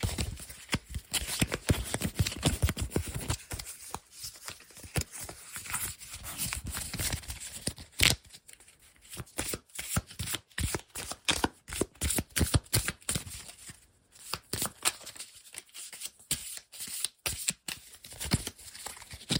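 Fast, aggressive tapping and scratching, a dense run of sharp clicks and scrapes that barely lets up. The hits come in irregular bursts with brief gaps, especially around eight and fourteen seconds, and the sound is bright and crisp with a rough, papery edge.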